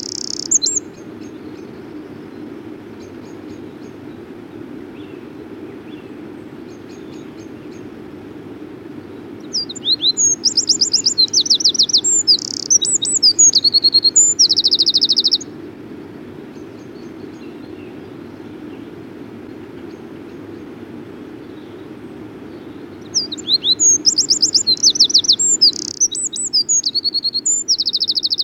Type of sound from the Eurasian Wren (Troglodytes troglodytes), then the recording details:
song. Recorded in the wild. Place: Blumenholz, Insel Rügen, Mecklenburg-Vorpommern, DE. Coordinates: 53.455, 13.186. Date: 1980-04-01. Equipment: Nagra III BH, Sennheiser MD 21, parabola. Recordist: Schubert, Michael. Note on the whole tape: Gesang Zaunkönig